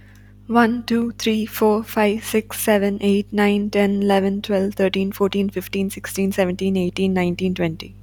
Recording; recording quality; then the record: counting at a fast pace; moderate, slight background noise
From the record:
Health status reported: healthy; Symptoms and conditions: none ticked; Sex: female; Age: 28 years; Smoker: not ticked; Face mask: not worn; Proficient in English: yes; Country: India